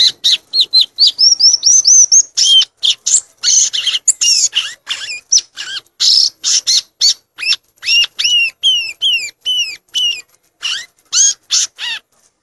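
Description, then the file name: Violaceous euphonia singing a long, rapid run of high chirps, repeated whistled slurs and dry buzzy notes, about two notes a second, varied throughout. "canto do gaturamo verdadeiro"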